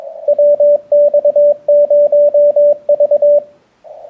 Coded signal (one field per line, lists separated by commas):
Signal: Morse code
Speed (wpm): 23 wpm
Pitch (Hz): 600 Hz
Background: radio noise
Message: WX0V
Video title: InnovAntennas LFA-3(4) 6m Beam Test and Install